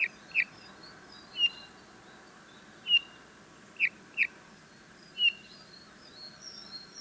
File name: Pyrrhula pyrrhula